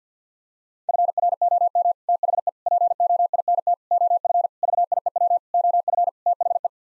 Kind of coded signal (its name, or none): Morse code